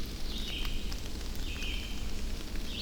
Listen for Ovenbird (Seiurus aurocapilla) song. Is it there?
no